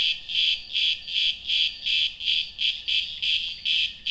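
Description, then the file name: Cicada call of loud rasping buzz pulses repeating quickly, even and unbroken. "cigarras"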